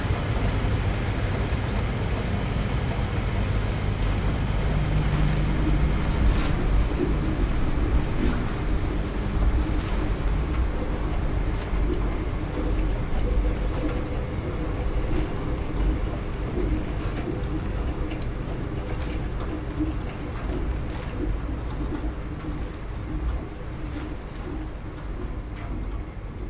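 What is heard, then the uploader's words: Machines in a laundromat run with a steady, dense low rumble and a few humming tones layered over it. Short clicks and knocks cut through every few seconds, and the overall level stays even, easing slightly near the end. LAUNDROMAT.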